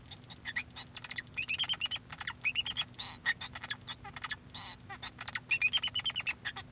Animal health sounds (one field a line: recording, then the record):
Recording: song of a male Bengalese finch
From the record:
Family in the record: son of father 2